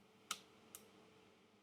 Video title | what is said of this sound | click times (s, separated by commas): Workstation Build: Makings of a Monster | second click | 0.3 s